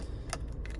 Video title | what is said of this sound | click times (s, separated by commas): Volvo XC90 Key Fob Battery Replacement 2016-2025 / Remote 2024 / xc60 xc40 s60 | Stick it back on here, and then lock it on. You hear it lock. | 0.3 s